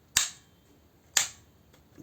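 A plastic transformation part is seated properly into the body of a Fans Hobby Double Evil action figure. Two sharp, bright snaps are heard at 0.2 s and 1.2 s, followed by a faint soft tick near 1.7 s. The part clicks into place and is seated.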